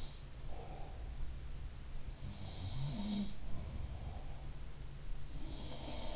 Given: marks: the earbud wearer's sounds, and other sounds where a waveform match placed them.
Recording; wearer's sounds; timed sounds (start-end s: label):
sounds in sleep by an in-ear microphone; breath
0.00-1.35 s: sound from someone else or the room
0.23-1.34 s: breath
1.98-4.76 s: sound from someone else or the room
3.46-4.76 s: breath
5.29-6.16 s: sound from someone else or the room